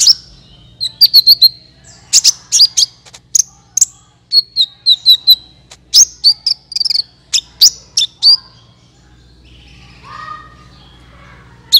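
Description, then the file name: Van Hasselt's Sunbird song of quick high chips and slurred notes in busy phrases for about eight seconds, then quiet with a soft lower call. "suara kolibri ninja"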